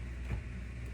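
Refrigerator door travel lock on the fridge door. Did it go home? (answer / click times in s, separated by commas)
no / none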